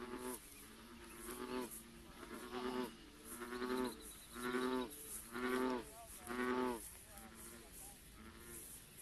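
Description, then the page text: American bullfrog calling, a series of deep, resonant, cow-like croaks repeated about once a second, several notes in all, over a steady hiss of background noise. Maryland. "Maryland Biodiversity. American Bullfrog ( Lithobates catesbeianus )"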